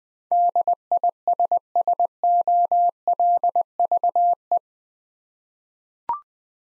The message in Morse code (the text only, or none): DISSOLVE